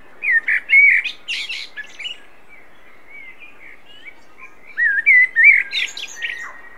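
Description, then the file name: Common blackbird song in two phrases a few seconds apart, each a clear fluty warble with thin, scratchy high notes, with quiet pauses between. "Turdus merula"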